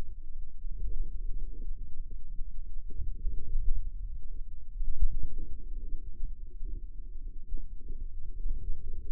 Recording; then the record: forearm muscle sounds (acoustic myography)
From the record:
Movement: wrist extension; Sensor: system 2, bracelet of six BSWA MPA416 microphones around the upper forearm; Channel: 5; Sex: male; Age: 22 years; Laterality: right